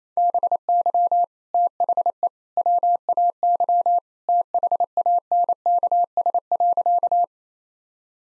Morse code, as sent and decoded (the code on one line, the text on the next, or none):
-... -.-- / - .... . / .-- .- -.-- / - .... .- -. -.- ... .-.-.-
BY THE WAY THANKS.